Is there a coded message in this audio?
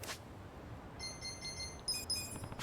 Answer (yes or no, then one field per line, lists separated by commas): no